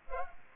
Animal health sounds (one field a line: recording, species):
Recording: mosquito wingbeat signal from an infrared sensor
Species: Culex pipiens